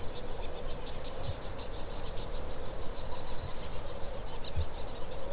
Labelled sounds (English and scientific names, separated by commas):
Kākāpō (Strigops habroptilus) boom